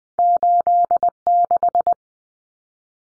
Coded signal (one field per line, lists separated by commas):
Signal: Morse code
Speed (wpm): 20 wpm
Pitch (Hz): 700 Hz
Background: none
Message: 86